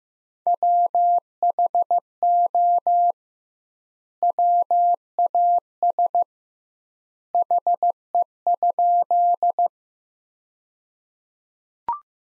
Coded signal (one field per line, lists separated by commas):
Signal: Morse code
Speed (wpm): 16 wpm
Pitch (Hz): 700 Hz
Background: none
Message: WHO WAS HE?